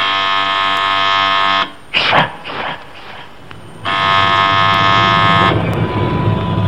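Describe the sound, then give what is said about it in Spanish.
Someone ringing at the door of a house: a harsh, steady electric door buzzer sounds in two long presses, each about two seconds, separated by a short gap filled with faint rustling and movement. “Si antes pensaba en ello, estaban llamando a la puerta.”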